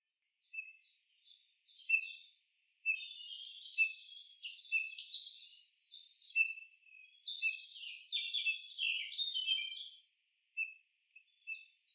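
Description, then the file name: Eurasian bullfinch: low piping whistles recurring roughly once a second beneath dense, creaky twittering notes, with a short pause near the end. "Pyrrhula pyrrhula"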